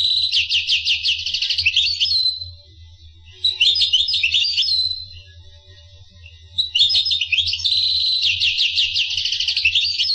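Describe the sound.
Finch song, long stretches of rapid high trills and twittering, broken by two quieter pauses, steady low hum throughout.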